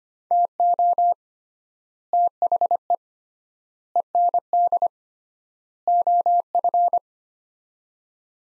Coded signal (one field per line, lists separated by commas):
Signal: Morse code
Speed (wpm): 25 wpm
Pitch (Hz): 700 Hz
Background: none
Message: TO THE END OF